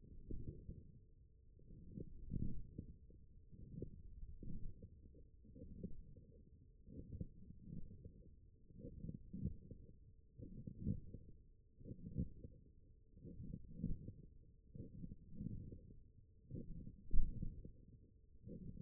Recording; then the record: forearm muscle sounds (acoustic myography)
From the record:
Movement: forearm pronation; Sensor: system 1, eight BSWA MPA416 microphones around the upper forearm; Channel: 4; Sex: male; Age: 21 years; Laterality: right